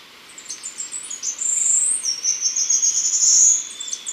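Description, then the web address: Choco Warbler song: a cluster of quick high notes rolling into a sustained, thin, shimmering trill that swells and then drops away. Ecuador. "Birds of Ecuador Choco Warbler"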